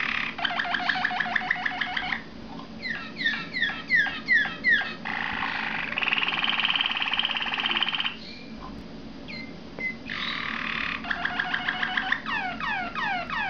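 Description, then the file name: Waterslager canary singing varied tours: fast rattling trills, swooping descending whistles, and sustained buzzy rolls, with brief pauses between phrases. "malinois waterslager omkicau"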